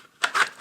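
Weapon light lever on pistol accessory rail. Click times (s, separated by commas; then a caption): 0.2 s. A compact weapon light, already slid one or two clicks forward toward flush on a pistol accessory rail, has its mounting lever pressed down. A sharp click sounds at 0.2 s, followed by softer broadband scraping and handling noise that swells again toward the end. The lever clicks down and locks, and the light is seated on the rail.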